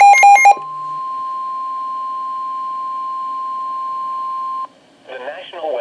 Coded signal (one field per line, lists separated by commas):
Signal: Emergency Alert System (SAME) tones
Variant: 1050 Hz attention tone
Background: speech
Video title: All Alerts on NOAA Weather Radio for May 6th, 2022. (EAS # 34-37)